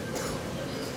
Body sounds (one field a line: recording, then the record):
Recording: coughing mixed with background sound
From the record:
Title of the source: 31 night wet cough